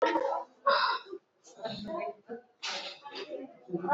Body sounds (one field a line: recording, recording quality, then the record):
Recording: shallow breathing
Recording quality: moderate, slight background noise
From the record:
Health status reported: exposed to COVID-19, no respiratory illness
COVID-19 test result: negative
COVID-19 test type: RT-PCR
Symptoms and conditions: cold, fever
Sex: female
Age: 24 years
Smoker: no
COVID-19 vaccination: one dose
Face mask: worn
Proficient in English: yes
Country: India